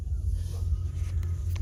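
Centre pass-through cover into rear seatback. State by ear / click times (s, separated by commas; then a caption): seated / 1.6 s. On a 2019 VW Golf R 2.0T DSG 4Motion, the rear-seat centre pass-through cover, a plastic trim panel, is closed and snaps back into the seatback over a steady low rumble, with a brief tick at 1.2 s. The sharp snap at 1.6 s is the cover seating back in place.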